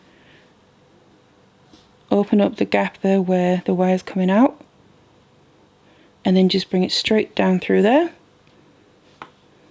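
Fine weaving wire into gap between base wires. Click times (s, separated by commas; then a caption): 9.2 s. Someone talks while bringing a fine 0.4 mm weaving wire straight down through the gap between 1 mm base wires in a twisted vines wire weave. After the talking stops, a single short, sharp click at 9.2 s marks the weaving wire snapping into place in the gap.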